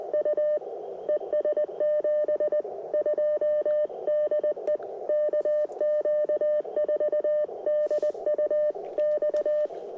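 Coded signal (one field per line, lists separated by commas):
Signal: Morse code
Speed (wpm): 20 wpm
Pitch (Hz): 590 Hz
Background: none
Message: U ES 72 DE KQ4DUX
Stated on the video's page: POTA activation making CW contacts on 17 meters with a magmount vertical and Elecraft K2.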